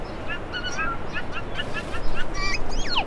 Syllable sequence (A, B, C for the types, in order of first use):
A B A A A A A A C D